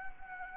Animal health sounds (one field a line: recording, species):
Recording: mosquito wingbeat signal from an infrared sensor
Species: Anopheles gambiae